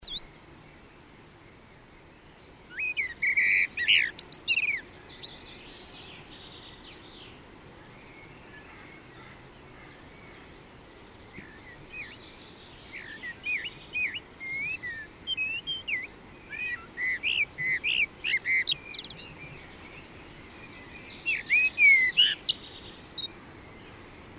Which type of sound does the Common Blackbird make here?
song